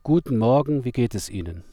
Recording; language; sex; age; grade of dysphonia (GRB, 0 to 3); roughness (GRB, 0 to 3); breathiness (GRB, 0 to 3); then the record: spoken sentence; German; male; 40 to 49 years; 0; 0; 0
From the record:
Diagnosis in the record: healthy voice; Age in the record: 41 years